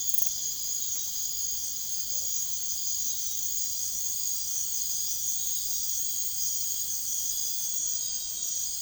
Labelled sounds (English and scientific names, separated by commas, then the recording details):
none
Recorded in secondary vegetation near Puerto Asís, Putumayo, Colombia, on 13 March 2025 at 02:30
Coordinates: 0.489, -76.322
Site G042